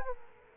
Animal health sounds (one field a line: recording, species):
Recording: mosquito wingbeat signal from an infrared sensor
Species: Culex quinquefasciatus